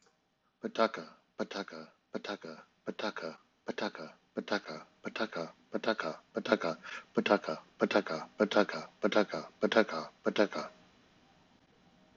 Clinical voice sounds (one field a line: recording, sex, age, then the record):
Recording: repeated syllables /pa ta ka/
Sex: male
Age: 50 to 59 years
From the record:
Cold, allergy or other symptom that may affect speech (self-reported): no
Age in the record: 57 years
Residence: Mississippi, United States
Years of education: 16